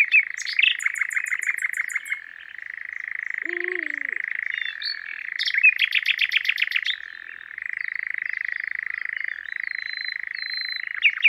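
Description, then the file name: European Nightjar churring in a steady reeling trill with short breaks, overlaid by bursts of rapid, high, repeated notes from another songbird and a brief lower call. Natural sounds recorded in the Ardèche, alongside Common Nightingale. "Rossignol-Philomele-Engoulevent-d Europe-Concerts-Naturels-De-l Ardeche"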